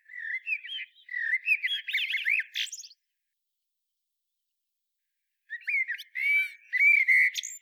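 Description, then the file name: Eurasian blackbird singing two flowing phrases of low whistled notes that rise into a busier, higher warble, separated by a silent gap of about two and a half seconds. "Turdus merula"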